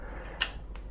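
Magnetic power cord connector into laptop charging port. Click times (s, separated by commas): 0.4 s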